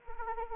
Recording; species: mosquito wingbeat signal from an infrared sensor; Anopheles arabiensis